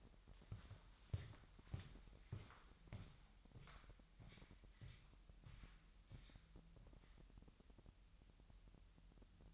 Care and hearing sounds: daily activity, microphone in the room; walk to room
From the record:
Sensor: 3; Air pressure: 1002.0 hPa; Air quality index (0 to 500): 246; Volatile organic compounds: 48 ppm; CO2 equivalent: 3270 ppm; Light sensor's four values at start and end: 9/23/9/9 and 10/23/9/10

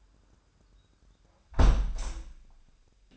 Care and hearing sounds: daily activity, microphone in the room; close window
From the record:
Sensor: 2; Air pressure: 998.4 hPa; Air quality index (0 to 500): 136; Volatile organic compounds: 4 ppm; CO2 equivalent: 1545 ppm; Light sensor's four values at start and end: 7/17/7/8 and 7/16/7/7

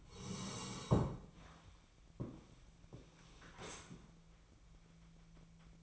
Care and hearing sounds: daily activity, microphone in the room; sit down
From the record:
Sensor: 1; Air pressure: 1000.5 hPa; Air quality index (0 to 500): 179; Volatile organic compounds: 4 ppm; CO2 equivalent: 1658 ppm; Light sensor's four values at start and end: 12/29/12/14 and 12/29/12/14

